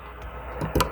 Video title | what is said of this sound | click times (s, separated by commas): BRIGHTEST LED Headlight 2020!! (WIRELESS!!!!) Cougar Motor | hear that click | 0.8 s